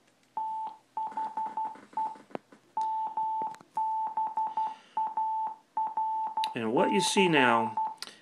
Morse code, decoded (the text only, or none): THE MBARC